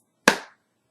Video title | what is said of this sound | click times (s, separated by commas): BeginnerEssentialOils12WaysToUse | arrows that are down there at the bottom and it clicks | 0.3 s